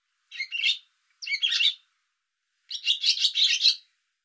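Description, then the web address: Bird calls: two short bursts of harsh, scratchy chirps, then a longer run of rasping notes after a pause. "cianscape birddata Deverinetal 2025"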